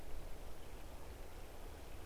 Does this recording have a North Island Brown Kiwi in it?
no